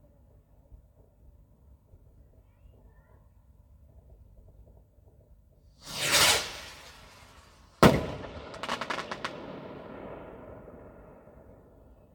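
New Year's Eve fireworks: after six quiet seconds of low murmur, a rocket whooshes up and fades, then a sharp bang hits just before eight seconds. A quick burst of crackling pops follows, and the sound tails off slowly over a low rumble.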